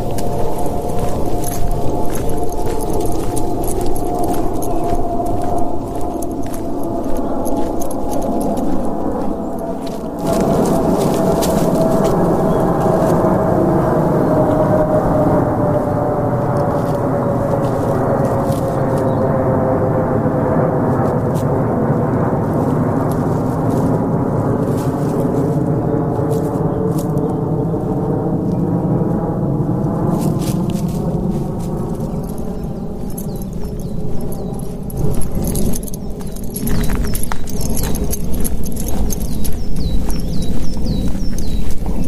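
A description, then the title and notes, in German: A walk through a forest, with crunching, crackling footsteps on the ground at the start and again near the end. Through the middle a steady low hum slowly rises and falls in pitch, like an engine passing, with a dense rustle underneath throughout. Ein Spaziergang im Wald zum ersten Mal aufgenommen mit dem Shure MV88.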